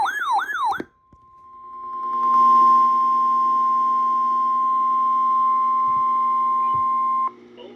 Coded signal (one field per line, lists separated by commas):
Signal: Emergency Alert System (SAME) tones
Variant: 1050 Hz attention tone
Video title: EAS #1086 Severe Thunderstorm Warning